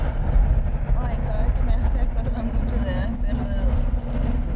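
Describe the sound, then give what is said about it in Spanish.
A heavy, continuous engine rumble of trucks rolling past, deep and loud throughout, with faint warbling higher tones drifting over the steady roar. “Che, qué manera de pasar camiones, ¿no?”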